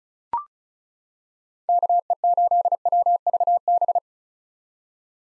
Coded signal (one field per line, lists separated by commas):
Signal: Morse code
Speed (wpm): 34 wpm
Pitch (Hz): 700 Hz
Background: none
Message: KE8WVB